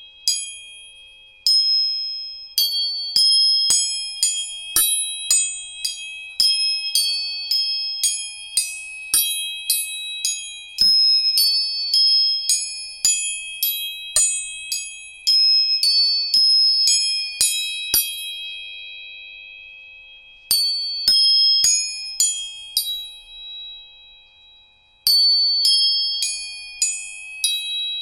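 Tuning forks are struck again and again, each tap a sharp metallic click that blooms into a clear, bright ringing tone that lingers and slowly fades. Strikes come roughly every second, with brief pauses near the twenty- and twenty-five-second marks, and a softer lower tone hums underneath.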